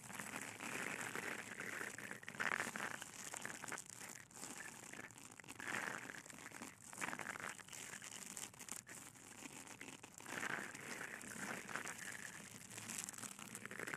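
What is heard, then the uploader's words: Bubble wrap and a sponge being handled make a dense, continuous crinkling and crackling hiss, with a few brief dips and sharper pops throughout. Bubble Wrap, Sponge.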